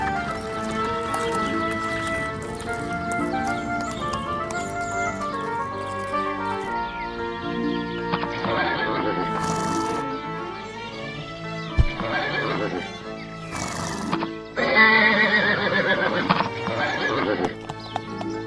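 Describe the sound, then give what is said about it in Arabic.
Several horses whinny and neigh in high, wavering calls, repeated over a steady patter of hooves clip-clopping. The sound is loud and busy throughout, with no talking. “انظري يا أمي، ماذا تفعل الخيول؟ إنها تشتاق لرؤية بعضها.”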